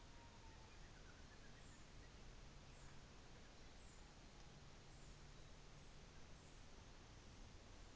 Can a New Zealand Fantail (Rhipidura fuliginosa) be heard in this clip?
no